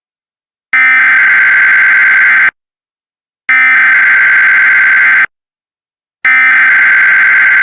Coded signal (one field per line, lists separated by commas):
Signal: Emergency Alert System (SAME) tones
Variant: header bursts